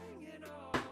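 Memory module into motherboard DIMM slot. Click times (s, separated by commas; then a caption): 0.8 s. A second DDR4 memory module is pushed into its DIMM slot on a motherboard over steady background music. It latches with a loud, sharp click at 0.8 s and seats firmly, rated a 10 out of 10, a click of satisfaction.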